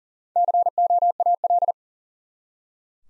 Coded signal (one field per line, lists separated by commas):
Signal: Morse code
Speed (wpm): 42 wpm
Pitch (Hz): 700 Hz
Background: none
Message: COAL